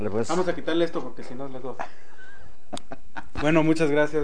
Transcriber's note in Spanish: risas